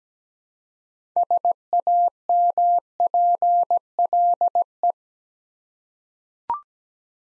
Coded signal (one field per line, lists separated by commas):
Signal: Morse code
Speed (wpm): 17 wpm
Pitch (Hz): 700 Hz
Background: none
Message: SAMPLE